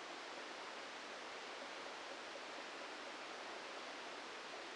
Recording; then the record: brain microelectrode recording played as sound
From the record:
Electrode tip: inside the subthalamic nucleus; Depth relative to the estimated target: 1 mm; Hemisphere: left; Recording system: NeuroSet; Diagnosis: Parkinson's disease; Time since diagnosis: 14 years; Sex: male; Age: 51 years